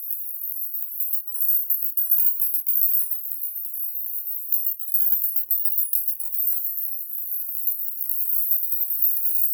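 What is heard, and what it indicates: Very faint high-pitched hiss at the top of the hearing range, a band around 14 kHz, with gently fluctuating loudness: a synthetic tinnitus masking sound, a 14k distractor.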